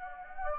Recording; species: mosquito wingbeat signal from an infrared sensor; Anopheles gambiae